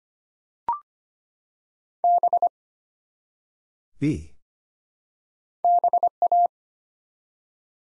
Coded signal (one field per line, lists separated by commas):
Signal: Morse code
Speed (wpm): 25 wpm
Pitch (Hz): 700 Hz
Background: none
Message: B BA